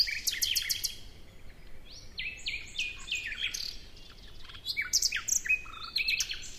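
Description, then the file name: Common nightingale song: rapid repeated notes, then a series of flat whistled notes stepping in pitch, then chirps and trills, with low background hiss. "Luscinia megarhynchos"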